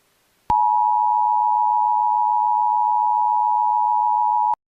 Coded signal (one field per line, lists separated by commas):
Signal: Emergency Alert System (SAME) tones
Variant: 853 and 960 Hz attention tone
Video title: THE BLIZZARD OF DOOM- First EAS Scenario